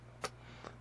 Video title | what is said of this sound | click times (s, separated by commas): Upgrading Memory - Ram For HP ProBook 4520s Laptop | and like so snaps into place nice and simple | 0.2 s